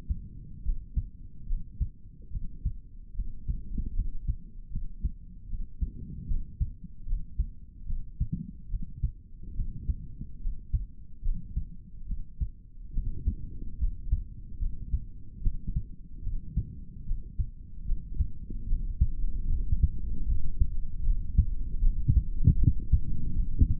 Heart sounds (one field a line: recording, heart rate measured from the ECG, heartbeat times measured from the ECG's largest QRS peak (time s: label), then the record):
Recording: heart sounds by stethoscope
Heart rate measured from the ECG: 74 bpm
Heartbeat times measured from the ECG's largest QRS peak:
0.63 s: heartbeat
1.46 s: heartbeat
2.30 s: heartbeat
3.14 s: heartbeat
3.94 s: heartbeat
4.71 s: heartbeat
5.48 s: heartbeat
6.27 s: heartbeat
7.06 s: heartbeat
7.86 s: heartbeat
8.69 s: heartbeat
9.54 s: heartbeat
10.40 s: heartbeat
11.22 s: heartbeat
12.06 s: heartbeat
12.92 s: heartbeat
13.78 s: heartbeat
14.59 s: heartbeat
15.41 s: heartbeat
16.22 s: heartbeat
17.04 s: heartbeat
17.85 s: heartbeat
18.66 s: heartbeat
19.48 s: heartbeat
20.26 s: heartbeat
21.03 s: heartbeat
21.80 s: heartbeat
22.57 s: heartbeat
23.34 s: heartbeat
From the record:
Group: healthy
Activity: rest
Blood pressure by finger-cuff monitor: 80/50 mmHg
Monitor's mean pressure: 61 mmHg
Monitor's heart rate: 72 bpm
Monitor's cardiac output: 3.9 L/min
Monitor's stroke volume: 53 mL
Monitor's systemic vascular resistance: 1080 dyn s/cm5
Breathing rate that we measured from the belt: 18 breaths a minute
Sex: male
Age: 55 years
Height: 167 cm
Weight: 57.2 kg